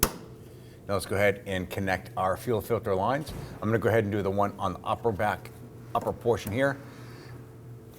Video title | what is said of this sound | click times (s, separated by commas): How to Replace Fuel Pump Module Assembly 2008-2011 Ford Focus 2.0L L4 | You're going to hear it click in and then push the lock down. | 0.0 s